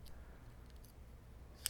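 The hinged housing latch of a Leupold DeltaPoint Pro pistol red-dot sight is closed by hand: faint ticks at 0.7 and 0.9 s over a low steady rumble, then a sharp, bright click at 1.7 s. The latch seats in the closed position.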